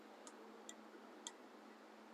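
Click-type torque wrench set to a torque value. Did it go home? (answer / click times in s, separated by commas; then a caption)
yes / 1.3 s. A click-type torque wrench with an internal spring, its dial set to a torque value, is pulled until it clicks to show the set torque is reached. Several small ticks sound at 0.3, 0.7 and 2.1 seconds, and the strongest sharp click comes at 1.3 seconds. That click marks the set torque as reached, the point at which to stop pulling.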